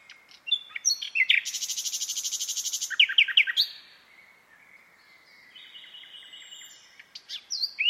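Bird song with a loud dense high trill, a few sharp downslurred notes, then quieter scattered chirps and a final burst.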